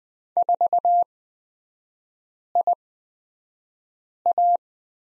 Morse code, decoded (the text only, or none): 4IA